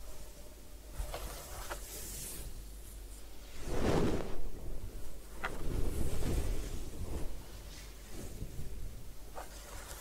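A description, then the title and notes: A hair wash during a head spa: a steady low rumble runs throughout while water rushes over the head in two louder swells, around four and six seconds. Short taps and soft clicks fall now and then, with brief bright hissy splashes. Head Spa Hair Wash, Massage, Ear Cleaning.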